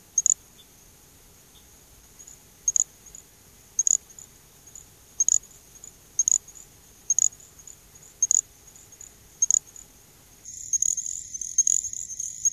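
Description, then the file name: Little grass frog giving tiny high-pitched chirps about once a second; near the end a denser burst of overlapping high calls and noise takes over. "Pseudacris ocularis - Little Grass Frog"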